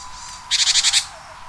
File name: sijuukara